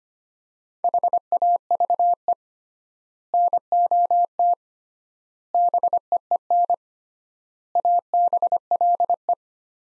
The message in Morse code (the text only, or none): HAVE NOT BEEN ABLE